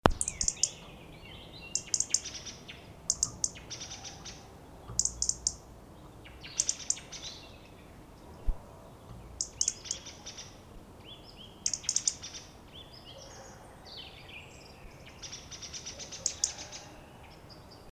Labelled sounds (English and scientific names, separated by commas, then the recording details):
Common Blackbird (Turdus merula) call, European Robin (Erithacus rubecula), Tawny Owl (Strix aluco), Song Thrush (Turdus philomelos)
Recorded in the wild
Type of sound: call
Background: Erithacus rubecula, Strix aluco, Turdus philomelos
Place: Kalchreuth, Bayern, DE
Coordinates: 49.5758, 11.1317
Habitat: pond
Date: 1962-04-30
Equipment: Original, Vollspur
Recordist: Tretzel, Erwin
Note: Kreuzweiher: Zetern vor Kauz